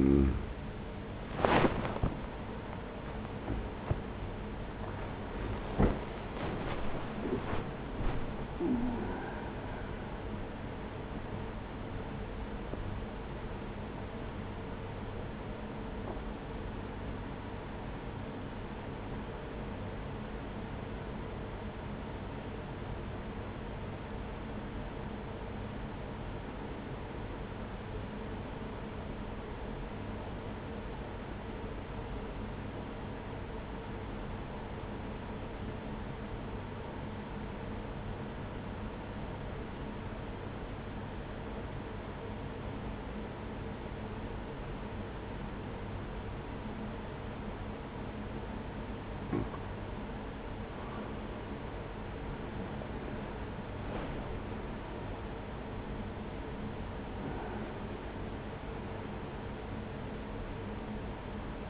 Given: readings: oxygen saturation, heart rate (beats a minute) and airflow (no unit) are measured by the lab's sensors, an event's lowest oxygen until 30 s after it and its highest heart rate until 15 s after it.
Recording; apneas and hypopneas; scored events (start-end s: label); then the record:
breathing in sleep by a voice recorder at the bedside; 1
13.00-51.00 s: hypopnea (N1, oxygen 97% highest, then 87% lowest, heart rate 75 at the start, 79 highest)
35.00-61.70 s: new sleep stage, N2 (light sleep)
From the record:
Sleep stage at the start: N1 (lightest sleep); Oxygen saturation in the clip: 87 to 97%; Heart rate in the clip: 43 to 79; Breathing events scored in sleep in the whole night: 210 in 6.9 hours asleep